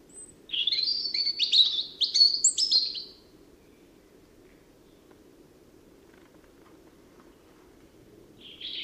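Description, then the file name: European robin song phrase of rapid warbling and trilled notes lasting about three seconds, a faint steady background hum, and a new phrase starting at the end. "Erithacus rubecula"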